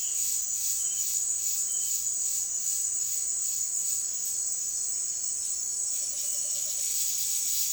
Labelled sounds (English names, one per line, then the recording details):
none
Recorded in dense forest near Puerto Asís, Putumayo, Colombia, on 20 February 2024 at 18:00
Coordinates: 0.502, -76.326
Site G6460